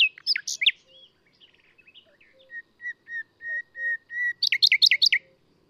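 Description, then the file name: Common nightingale song: harsh opening notes, soft chirps, a series of clear, level whistled notes, then a rapid burst of sharp repeated notes. "Luscinia megarhynchos"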